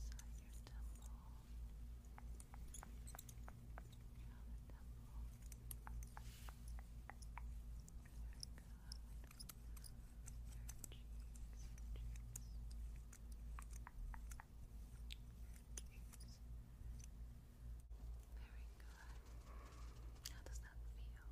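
Scrubbing and face-massage sounds play over a steady low hum, made of soft, wet, squishy clicks and crackles that come in irregular clusters, busiest around six to thirteen seconds. A brief drop near eighteen seconds gives way to gentler rustling.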